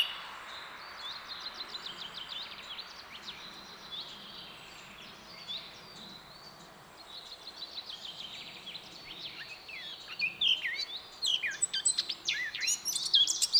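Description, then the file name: Eurasian blackcap song, a long subdued, scratchy warble that carries on quietly before breaking into a louder, quicker run of whistled phrases at the end. "Sylvia atricapilla"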